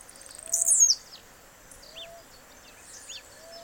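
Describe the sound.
Blue-black grassquit giving a brief, very high buzzy burst, while other birds chirp and a soft rising whistle repeats a few times.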